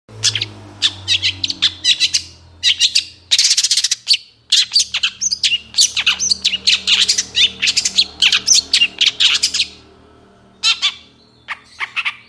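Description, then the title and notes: Long-tailed Shrike giving a busy song of harsh, scratchy bursts and chattering notes, with a low steady hum underneath. Morning song of a vigorously singing long-tailed shrike, in the 'toet toet' variation style, described as having a clear voice that is easy to imitate. "Cendet Gacor Dor Di Kala Pagi Toet Toet Variasi Suara Jernih Mudah Di Tiru. Burung cendet"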